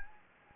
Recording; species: mosquito wingbeat signal from an infrared sensor; Anopheles gambiae